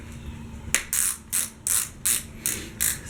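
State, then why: Seated. A plastic ratchet buckle strap on a new Fizik R4 road cycling shoe is tightened one click at a time while the shoe is tried on. Sharp, bright ratchet clicks land at 0.7, 1.0, 2.1, 2.5 and 2.8 seconds, each followed by a short hissy rasp of the strap. The buckle clicks positively and the strap ends up seated snug and tight.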